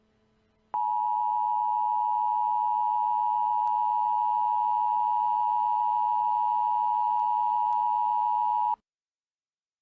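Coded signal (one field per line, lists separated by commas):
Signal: Emergency Alert System (SAME) tones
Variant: 853 and 960 Hz attention tone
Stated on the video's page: Mock EAS alert.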